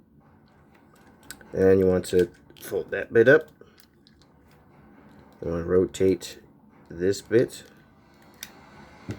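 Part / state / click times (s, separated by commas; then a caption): plastic leg section of a transforming action figure / seated / 8.4 s. Someone talks while a plastic leg section of a Transformers Generations Cybertronian Soundwave transforming action figure is rotated. One sharp click is heard at 8.4 s as the section snaps into its detent and the joint seats in place.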